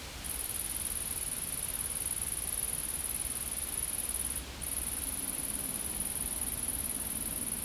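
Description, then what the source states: Insect buzzing holds steady and high-pitched, breaking off briefly near the middle before resuming, amid low rumbling background noise. Recorded in a field.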